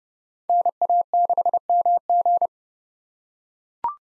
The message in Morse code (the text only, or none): NA6MG